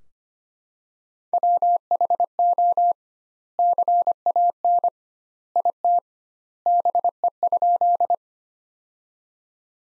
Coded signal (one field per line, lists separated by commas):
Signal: Morse code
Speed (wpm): 25 wpm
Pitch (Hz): 700 Hz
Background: none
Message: WHO CAN IT BE?